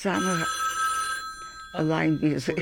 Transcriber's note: phone rings